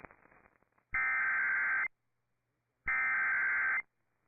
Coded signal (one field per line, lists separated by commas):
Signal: Emergency Alert System (SAME) tones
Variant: header bursts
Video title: DEEP SOUTH HAVOC... EAS Alerts from 12/28/24 (EAS #5,340 - 5,369)